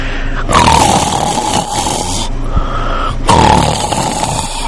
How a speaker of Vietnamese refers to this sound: Khấu Trọng đổ vật vào lòng nàng, còn phát ra tiếng ngáy khò khò